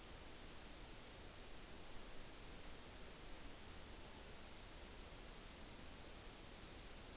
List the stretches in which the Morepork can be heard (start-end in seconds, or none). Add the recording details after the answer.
3.96-4.62. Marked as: faintness 5/5. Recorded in New Zealand on 9 October 2013. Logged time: 17:00. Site Ponui